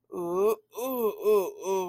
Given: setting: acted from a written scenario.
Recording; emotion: vocal sound without words; desire